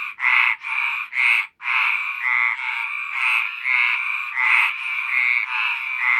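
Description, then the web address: Frog giving harsh, buzzy croaks, the first few separate and the rest running together into a near-continuous rasping series. "best service Blue Box animals frogs dry"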